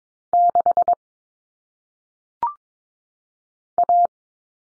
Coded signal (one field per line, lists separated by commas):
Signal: Morse code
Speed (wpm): 22 wpm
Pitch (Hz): 700 Hz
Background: none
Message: 6 A